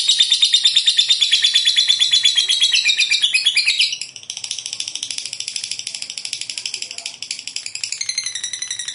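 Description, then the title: Lovebird song, a long fast chattering trill of high buzzy notes, shifting pitch midway and continuing more softly. "Suara Lovebird"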